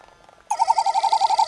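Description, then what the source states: Great Frigatebird call: a sudden, fast warbling rattle of about a dozen even pulses in one second, mid-pitched, against a quiet background. Female on a ground nest on Midway Islands, Pacific, calling 4 or 5 times, unafraid, as the recordist crawled closer with a parabolic dish.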